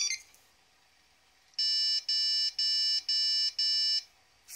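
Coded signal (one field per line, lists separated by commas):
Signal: beep code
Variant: Supermicro motherboard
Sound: five short, evenly spaced, buzzy electronic beeps after a quiet pause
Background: small room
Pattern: 5 short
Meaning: Five beeps means no console input or output device found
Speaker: five beeps nope same thing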